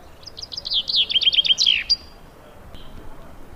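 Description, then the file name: Common chaffinch singing one phrase: a rattling series of clear notes tumbling down the scale, closing with a sharp terminal flourish, then near silence. "Fringilla coelebs"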